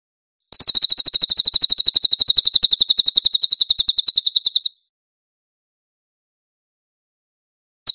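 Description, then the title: Cililin song: a fast, high buzzy trill of evenly pulsed notes lasting about four seconds, then silence before another trill begins. Master (tutor) song of the cililin, clear audio. "MASTER SANGAT BAGUS SUARA BURUNG CILILIN, AUDIO JERNIH"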